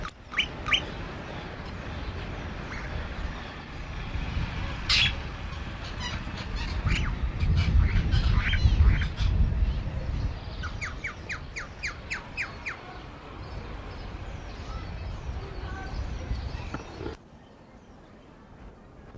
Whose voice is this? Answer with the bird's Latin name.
Polytelis alexandrae